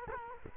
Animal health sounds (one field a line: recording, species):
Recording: mosquito wingbeat signal from an infrared sensor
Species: Culex quinquefasciatus